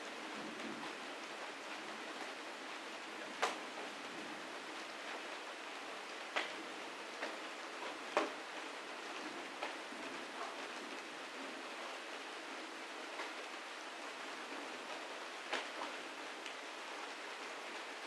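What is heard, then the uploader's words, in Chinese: A rainy night deep in the mountains: steady, dense rainfall hisses evenly across the whole stretch, bright with little low rumble. Sharper drips or taps stand out now and then, near 3, 6, 8 and 15 seconds. 大山里的雨夜。这是我某天在大山里的村庄里面录下的白噪音，湿度很大。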